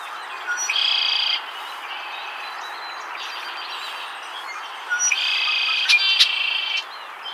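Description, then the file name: Red-winged Blackbird giving flat, nasal buzzes: one loud buzz early, softer ones in the middle, and another strong buzzy phrase with clicks toward the end. "Agelaius phoeniceus - Red-winged Blackbird"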